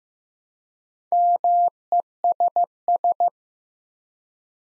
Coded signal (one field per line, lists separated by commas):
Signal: Morse code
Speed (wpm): 15 wpm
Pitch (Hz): 700 Hz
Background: none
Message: MESS